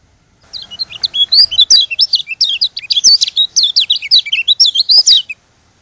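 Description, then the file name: White-eye song, a rapid rattling stream of short high twitters and flicked whistles running steadily for about five seconds. From Lombok. "burung kecial lombok"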